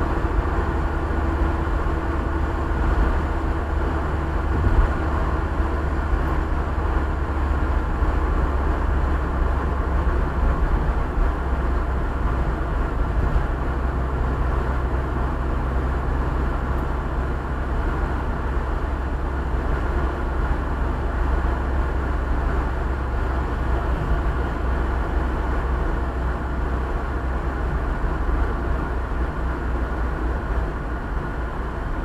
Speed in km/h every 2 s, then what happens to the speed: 75, 74, 73, 71, 68, 66, 65, 64, 64, 65, 66, 65, 63, 63, 62, 59.
0-11 slows to 65. 11-27 steady at about 64.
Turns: none.